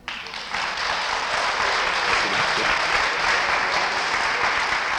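Steady audience applause after a song is performed, a dense wash of many hands clapping that swells in within the first half second and holds at an even, fairly loud level throughout, with no voices on top.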